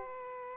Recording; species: mosquito wingbeat signal from an infrared sensor; Aedes aegypti